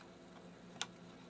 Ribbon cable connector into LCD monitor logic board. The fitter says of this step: plug back in here make sure this clip snaps